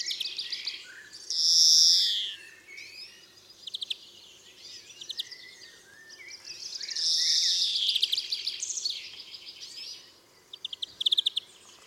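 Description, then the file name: European greenfinch singing loud rasping wheezes between rippling twittered trills and chirps, the wheezes spaced several seconds apart. "Chloris chloris"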